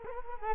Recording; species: mosquito wingbeat signal from an infrared sensor; Culex quinquefasciatus